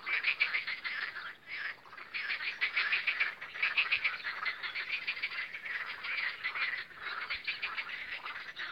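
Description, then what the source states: Dense frog chorus, rapid pulsed croaks from many animals, briefly dipping in volume then surging again. Spring croaking of frogs on the Lomnica canal, 10 May 2020.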